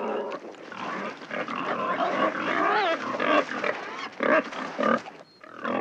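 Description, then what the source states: Wild boar squealing in a long series of harsh, wavering calls, with short pauses near the end. Wild boar recorded in a city.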